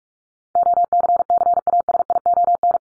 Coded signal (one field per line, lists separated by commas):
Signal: Morse code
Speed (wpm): 44 wpm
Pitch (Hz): 700 Hz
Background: none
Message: OCCASION